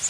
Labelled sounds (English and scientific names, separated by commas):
Blue-winged Warbler (Vermivora cyanoptera) flight call